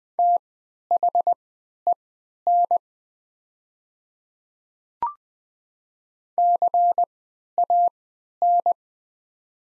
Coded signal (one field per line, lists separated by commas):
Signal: Morse code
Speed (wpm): 20 wpm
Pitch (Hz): 700 Hz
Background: none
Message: THEN CAN